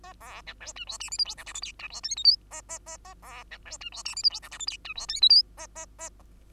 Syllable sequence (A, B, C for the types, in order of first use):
A B C D E F G H I J K L M N E F O P Q A A A A B C D E F G H I J K L M N E F O P Q A A A A